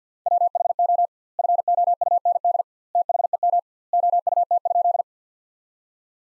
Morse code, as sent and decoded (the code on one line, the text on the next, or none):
.-- .... --- / ..-. --- ..- -. -.. / - .... . -- / --- ..- - ..--..
WHO FOUND THEM OUT?